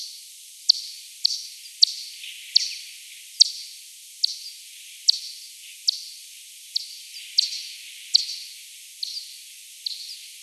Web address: bat 20201022 T 18 : 23 : 27 Z-Daubenton